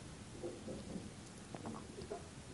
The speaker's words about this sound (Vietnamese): Sáng nay thời tiết thay đổi, một trận mưa thu lạnh lẽo. Qua ô cửa kính hướng ra ngoài, Bắc Kinh chỉ thấy mây mù xám xịt.